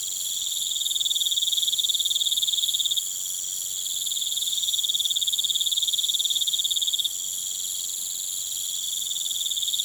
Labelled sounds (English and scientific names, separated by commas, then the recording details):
none
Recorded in pastures near Puerto Asís, Putumayo, Colombia, on 23 June 2025 at 20:00
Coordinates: 0.486, -76.323
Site H29